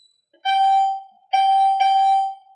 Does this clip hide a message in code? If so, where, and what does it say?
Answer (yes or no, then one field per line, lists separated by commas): no